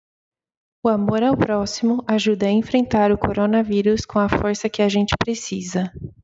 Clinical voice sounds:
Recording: spoken sentence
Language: Brazilian Portuguese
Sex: female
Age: 20 to 29 years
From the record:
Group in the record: control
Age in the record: 28 years

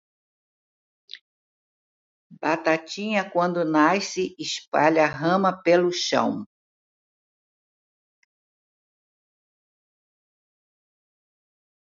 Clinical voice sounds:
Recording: short text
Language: Brazilian Portuguese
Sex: female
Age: 80 to 89 years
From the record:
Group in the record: control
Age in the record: 84 years

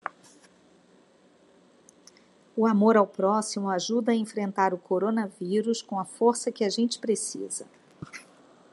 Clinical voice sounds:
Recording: spoken sentence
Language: Brazilian Portuguese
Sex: female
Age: 60 to 69 years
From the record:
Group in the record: control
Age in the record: 61 years

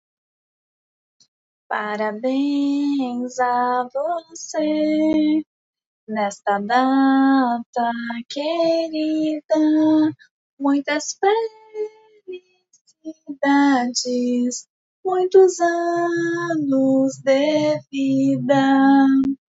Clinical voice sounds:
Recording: short text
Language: Brazilian Portuguese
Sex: female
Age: 30 to 39 years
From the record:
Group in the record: control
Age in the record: 30 years

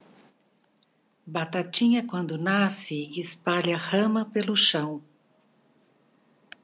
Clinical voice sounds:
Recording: short text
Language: Brazilian Portuguese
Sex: female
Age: 60 to 69 years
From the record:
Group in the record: control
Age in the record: 62 years

